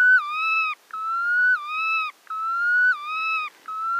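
Red knot giving long plaintive whistles, each dropping in pitch partway through, several in a row with brief pauses.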